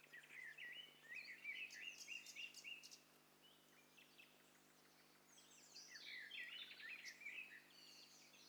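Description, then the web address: Several birds calling together, a busy mix of whistled chirps and trills around high pitch, with a brief lull midway before a second burst of overlapping calls. Mixture of several birds, in stereo. "STEREO BIRD COCKTAIL PARTY"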